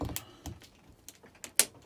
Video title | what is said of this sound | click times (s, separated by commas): Pop up break down | a snap piece. Snaps in place. Sometimes it will give you a little problem. | 1.6 s